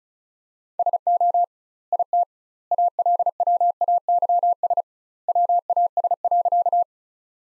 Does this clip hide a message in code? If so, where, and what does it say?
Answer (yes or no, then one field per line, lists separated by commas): yes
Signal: Morse code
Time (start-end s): 0.8-6.8 s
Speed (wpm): 36 wpm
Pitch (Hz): 700 Hz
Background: none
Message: SO IT ALWAYS WAS.